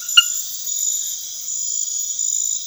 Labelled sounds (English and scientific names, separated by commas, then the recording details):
none
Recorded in pastures near Puerto Asís, Putumayo, Colombia, on 28 February 2025 at 00:30
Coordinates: 0.502, -76.324
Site GP07